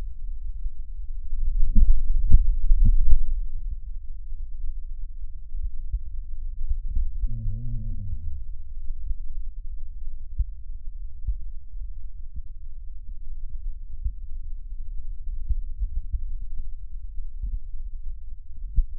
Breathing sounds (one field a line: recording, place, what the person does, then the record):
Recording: lung sounds by stethoscope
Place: right posterior basal chest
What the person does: quiet breathing, then cough and speech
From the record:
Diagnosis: COPD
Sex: male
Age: 60 years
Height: 171 cm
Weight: 59.4 kg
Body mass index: 20.3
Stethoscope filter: bell mode